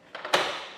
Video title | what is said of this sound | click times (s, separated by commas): etrailer - Ready to Ride: Thule Verse 2 Bike Rack Test Fit - 2024 Subaru Outback Wagon | It'll click into place. | 0.3 s